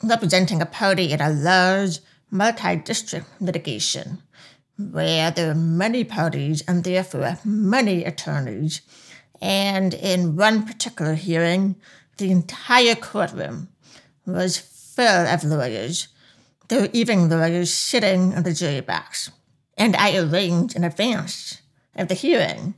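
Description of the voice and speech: Fluent adult female narration with heavy vowel nasality and slightly stretched sounds: a deaf accent from profound hearing loss.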